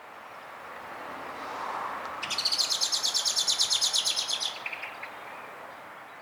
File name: Turdus merula